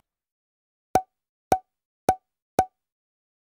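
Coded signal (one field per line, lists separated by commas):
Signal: none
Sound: a toy's plopping sounds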